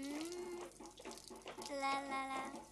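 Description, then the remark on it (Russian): Water poured from a bucket onto a stadium stand pours down and splashes in a steady, continuous rush for a few seconds, with faint tonal sounds running underneath. “Сверху на него начинает литься вода.”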